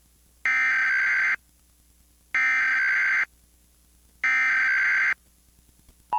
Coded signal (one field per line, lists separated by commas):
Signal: Emergency Alert System (SAME) tones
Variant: header bursts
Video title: Emergency ALERT SYSTEMS UPDATE!!!EMERGENCY ALERT SYSTEM UPDATE!!!Emergency ALERT SYSTEMS UPDATE!!!